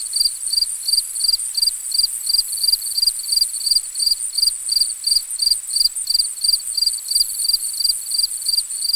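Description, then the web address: Crickets chirping steadily, crisp high pulses repeating about three times a second with even rhythm, backed by a continuous high insect buzz. Ambient nature recording of crickets. "Dr Sound Effects. Crickets and Frogs In the Distance"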